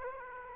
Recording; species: mosquito wingbeat signal from an infrared sensor; Aedes aegypti